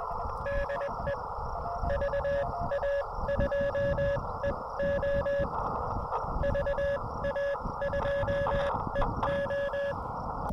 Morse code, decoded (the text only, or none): DE VA2EO VA2EO